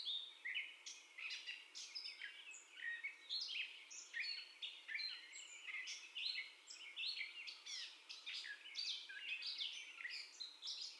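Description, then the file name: Gray catbird song, a rapid, energetic jumble of mewing, squeaky and chattering notes, loud phrases tumbling one after another. First song of the gray catbird, recorded on 30 May 2021. "2021-05-30 Catbird First Song"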